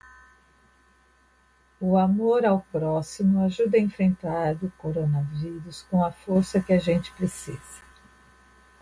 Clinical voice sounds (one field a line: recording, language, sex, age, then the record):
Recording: spoken sentence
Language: Brazilian Portuguese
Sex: female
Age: 50 to 59 years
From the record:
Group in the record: control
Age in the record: 59 years